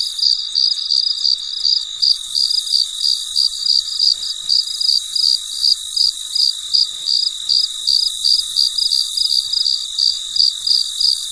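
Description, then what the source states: Cricket giving rapid high chirps about three each second, steady and rhythmic, above a constant high-pitched drone. Late at night in a very quiet setting.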